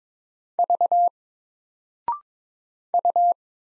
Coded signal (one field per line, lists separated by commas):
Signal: Morse code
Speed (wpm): 22 wpm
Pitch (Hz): 700 Hz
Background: none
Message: V U